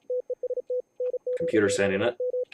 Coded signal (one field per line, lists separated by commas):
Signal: Morse code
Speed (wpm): 36 wpm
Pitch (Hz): 500 Hz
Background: speech, radio noise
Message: TEST NG7M